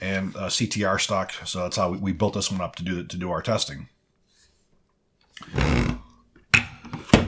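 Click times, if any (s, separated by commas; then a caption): 7.1 s. Someone talks for about four seconds, then there is a brief silence followed by a burst of handling noise. A 53-round quad-stack rifle magazine is inserted into the magazine well of a Desert Tech Quattro-15 lower receiver, with a sharp knock just before a louder click. The magazine pops into place and seats at 7.1 s.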